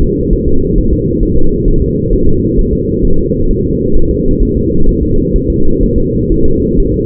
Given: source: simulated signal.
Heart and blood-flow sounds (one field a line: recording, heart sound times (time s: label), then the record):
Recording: fetal heart sounds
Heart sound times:
0.02 s: S2
0.33 s: S1
0.48 s: S2
0.78 s: S1
0.93 s: S2
1.23 s: S1
1.37 s: S2
1.68 s: S1
1.82 s: S2
2.13 s: S1
2.28 s: S2
2.59 s: S1
2.73 s: S2
3.05 s: S1
3.19 s: S2
3.51 s: S1
3.65 s: S2
3.97 s: S1
4.11 s: S2
4.42 s: S1
4.57 s: S2
4.89 s: S1
5.03 s: S2
5.36 s: S1
5.50 s: S2
5.83 s: S1
5.98 s: S2
6.32 s: S1
6.46 s: S2
6.80 s: S1
6.94 s: S2
From the record:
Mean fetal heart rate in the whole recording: 130 bpm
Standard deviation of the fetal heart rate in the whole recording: 4 bpm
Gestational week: 38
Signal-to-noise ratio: -19.1 dB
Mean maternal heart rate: 72 bpm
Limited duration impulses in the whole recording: present